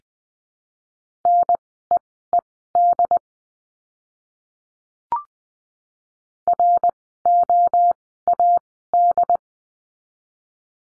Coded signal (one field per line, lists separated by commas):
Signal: Morse code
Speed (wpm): 20 wpm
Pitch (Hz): 700 Hz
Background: none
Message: NEED ROAD